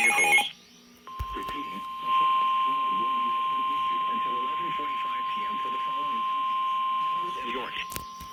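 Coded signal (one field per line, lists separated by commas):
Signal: Emergency Alert System (SAME) tones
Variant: 1050 Hz attention tone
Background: speech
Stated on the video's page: Flash flood and severe thunderstorm warnings from weather radio WXL40 and relayed on FM stations WSOX, WGTY, WWKL, WFVY.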